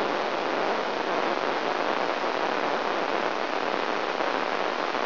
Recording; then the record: brain microelectrode recording played as sound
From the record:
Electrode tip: inside the subthalamic nucleus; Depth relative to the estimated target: -1.3 mm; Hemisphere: right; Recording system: AlphaMap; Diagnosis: Parkinson's disease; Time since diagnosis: 26 years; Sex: female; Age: 68 years